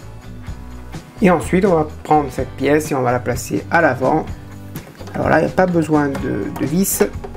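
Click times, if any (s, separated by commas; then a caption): none. A front trim piece is placed onto the front of a 1/8 scale Jaguar Type E model car, fitted without screws because it clips on by itself. Someone talks over background music while the piece is handled. Nothing has seated or clicked yet.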